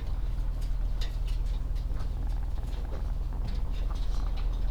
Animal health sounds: poultry house recording; sick chickens (respiratory disease)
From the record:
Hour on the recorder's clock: 16

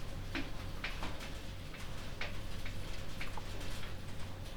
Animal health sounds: poultry house recording; healthy chickens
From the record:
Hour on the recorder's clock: 22

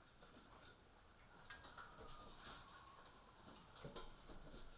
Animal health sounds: poultry house recording; healthy chickens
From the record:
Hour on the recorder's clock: 18

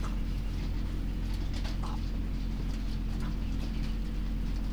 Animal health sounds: poultry house recording; sick chickens (respiratory disease)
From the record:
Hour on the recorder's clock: 1

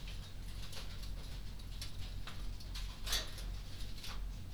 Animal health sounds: poultry house recording; no chicken sound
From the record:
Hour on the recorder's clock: 19

